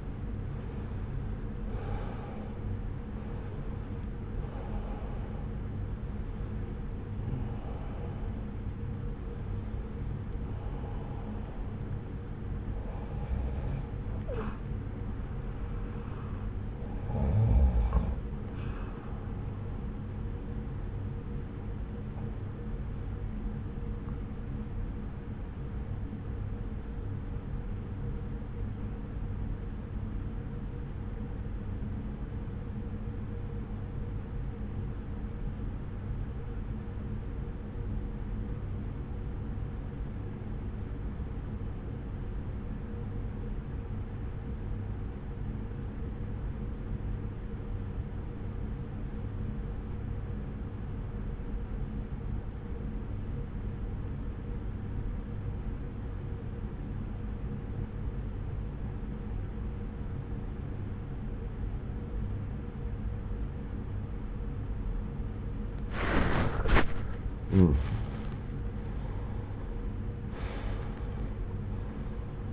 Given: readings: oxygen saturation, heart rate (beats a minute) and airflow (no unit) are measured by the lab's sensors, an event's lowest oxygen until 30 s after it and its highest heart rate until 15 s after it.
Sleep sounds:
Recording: breathing in sleep by a smartphone at the bedside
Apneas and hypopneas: 1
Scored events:
26.00-67.40 s: obstructive apnea (N1, oxygen 97% highest, then 82% lowest)
45.00-72.53 s: new sleep stage, REM sleep
From the record:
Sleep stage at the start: N1 (lightest sleep)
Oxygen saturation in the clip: 80 to 97%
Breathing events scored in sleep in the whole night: 303 in 8.1 hours asleep

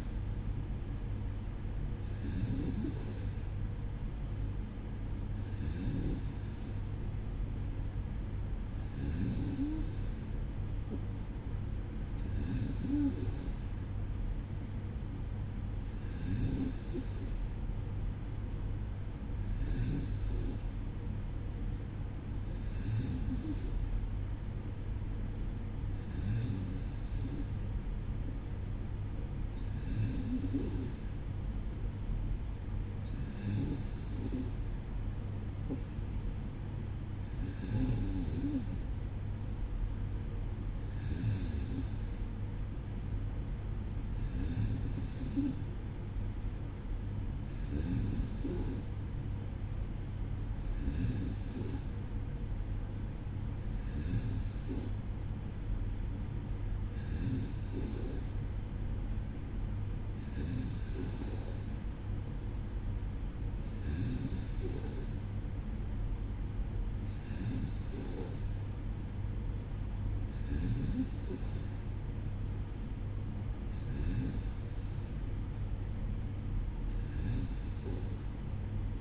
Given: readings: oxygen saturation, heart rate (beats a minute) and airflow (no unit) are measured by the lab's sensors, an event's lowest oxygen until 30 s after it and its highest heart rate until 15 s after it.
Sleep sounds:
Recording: breathing in sleep by a smartphone at the bedside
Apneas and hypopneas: none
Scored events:
none scored
From the record:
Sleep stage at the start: N2 (light sleep)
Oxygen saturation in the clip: 93 to 94%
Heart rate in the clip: 55 to 58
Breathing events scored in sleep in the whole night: 305 in 9.6 hours asleep

